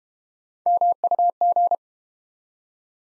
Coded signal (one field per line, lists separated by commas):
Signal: Morse code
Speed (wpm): 30 wpm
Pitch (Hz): 700 Hz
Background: none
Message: MUG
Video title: Easy Words - Speed-Racing with Hints - 25wpm